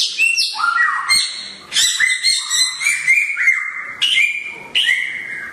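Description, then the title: Songbird: bird song of loud, harsh-edged notes that slide and jump between pitches, coming in bursts with short gaps. Songbird named Samyong, said to be worth one billion, singing actively (gacor) with piercing volume (volume tembus). "SAMYONG 1 MILYAR GACOR VOLUME TEMBUS [Burung Kicau"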